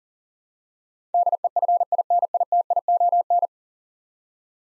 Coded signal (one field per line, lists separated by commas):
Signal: Morse code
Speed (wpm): 40 wpm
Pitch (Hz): 700 Hz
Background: none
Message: DEFINITION